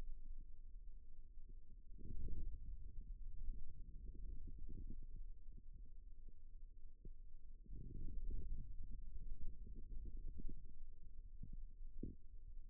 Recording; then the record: forearm muscle sounds (acoustic myography)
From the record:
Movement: wrist flexion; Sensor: system 2, bracelet of six BSWA MPA416 microphones around the upper forearm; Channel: 1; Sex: male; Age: 22 years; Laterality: right